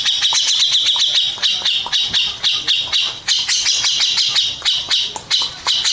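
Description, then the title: Grey-cheeked bulbul song: a dense, harsh, buzzy chatter of rapid high notes, repeated almost without pause throughout. "Cucak Jenggot"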